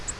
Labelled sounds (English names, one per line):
Virginia's Warbler flight call